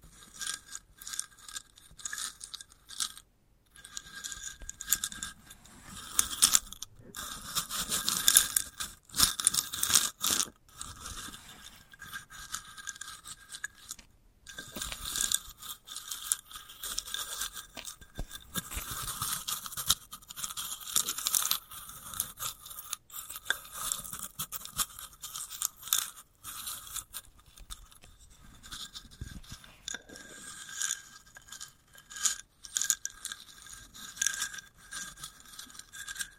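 Crisp handling of a sunflower head: a dense run of dry crackles, scratches and small tearing sounds that keeps going for the whole span. The sounds are bright and papery, coming in quick irregular bursts with short quieter gaps, and they grow busiest around the middle.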